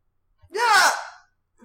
Yep, that was a hiccup. It was aggressive. It sounds like her kid's puking in the middle of the night.